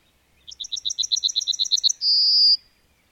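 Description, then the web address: Bird singing a brisk series of about twelve high, clear notes, then a loud, sustained buzzy final note. "madarak enek"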